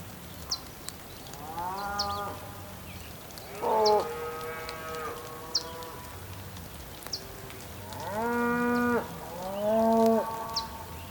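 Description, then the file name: Bulls low four times, the calls rising and then holding steady, some close together, with scattered short bird chirps in the background. Ambience recorded on the Patagonian plain, with bulls and birds. "felix blume ambience patagonian plain bulls birds rain"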